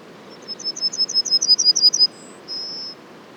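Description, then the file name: Yellowhammer song: a rapid series of high repeated notes, a brief higher note, then a long level final note. Les Alisiers, 21 July 2020; several yellowhammers. "200721-11-bruants-jaunes-Les-Alisiers"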